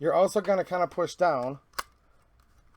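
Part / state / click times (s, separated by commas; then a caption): stamped top cover onto rifle receiver / seated / 1.8 s. Someone talks while a stamped sheet-metal top cover is pushed forward and down onto a rifle receiver. A single sharp click at 1.8 s marks the cover locking into place, followed by quiet.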